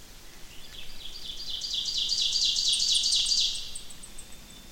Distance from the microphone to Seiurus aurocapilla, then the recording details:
about 15 m. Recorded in boreal forest in Alberta, Canada, on 28 May 2016 at 07:05. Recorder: SongMeter 3, array SBT-3-49. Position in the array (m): 28 m, 180 m. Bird 15